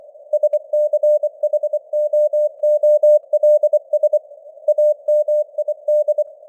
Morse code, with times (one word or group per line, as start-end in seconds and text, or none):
0.3-4.2 SCHOOLS
4.7-6.2 AMID